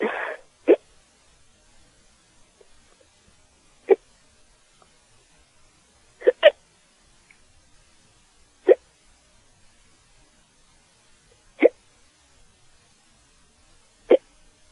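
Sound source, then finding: Adult. Hiccups.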